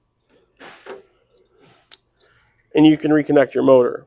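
A plastic backshell is put back onto the newly installed, locked connector of a SnowEx Helixx spinner harness and snaps into place with one sharp, fast-decaying click at 1.9 s, after some faint rustling. Someone then talks.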